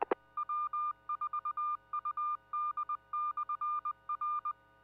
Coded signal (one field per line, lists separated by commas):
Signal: Morse code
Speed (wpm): 20 wpm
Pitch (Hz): 1200 Hz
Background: none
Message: W4UD/R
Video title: Bristol 2 Meter Net 02-26-19